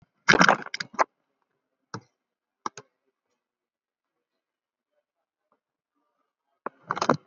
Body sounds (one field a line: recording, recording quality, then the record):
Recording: deep breathing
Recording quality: poor, much background noise or distortion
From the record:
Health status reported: COVID-19 positive, moderate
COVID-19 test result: positive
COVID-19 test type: RT-PCR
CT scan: taken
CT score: 13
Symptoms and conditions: cough, cold, breathing difficulty, sore throat, fever, fatigue, muscle pain, asthma, another respiratory illness, hypertension, ischaemic heart disease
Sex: male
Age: 81 years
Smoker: no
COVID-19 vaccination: both doses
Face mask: worn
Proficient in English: yes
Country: India